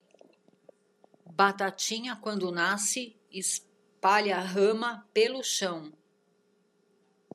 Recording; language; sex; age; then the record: short text; Brazilian Portuguese; female; 50 to 59 years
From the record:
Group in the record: control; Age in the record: 53 years